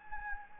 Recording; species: mosquito wingbeat signal from an infrared sensor; Anopheles gambiae